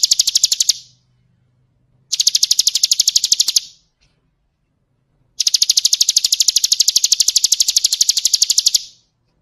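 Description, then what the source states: Bird: high rapid trills from a bird, short then longer bursts of even pulses separated by pauses of a second or so. Masteran (songbird training recording), described as the most complete bird collection.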